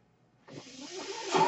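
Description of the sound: After a near-silent start, a steady airy hiss begins and swells for about a second, like air being pushed through tubing. This is the sound of a home mechanical ventilator delivering a breath, heard in the background.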